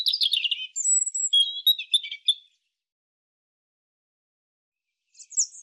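European robin song phrase: a quick jumble of high, thin twittering notes and a clear whistle, about two seconds long, then silence and a brief high fragment at the end.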